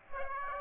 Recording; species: mosquito wingbeat signal from an infrared sensor; Aedes aegypti